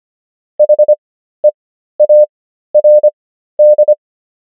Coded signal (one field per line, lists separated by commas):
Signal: Morse code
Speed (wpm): 25 wpm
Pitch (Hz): 600 Hz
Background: none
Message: HEARD